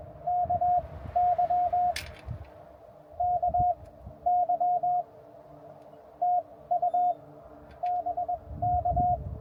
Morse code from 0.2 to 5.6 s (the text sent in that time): KY KY